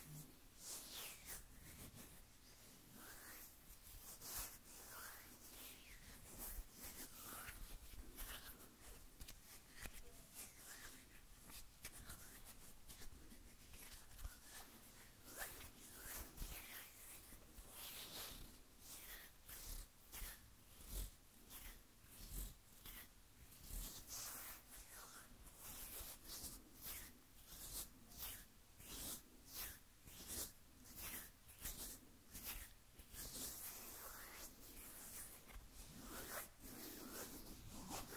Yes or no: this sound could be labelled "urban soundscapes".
no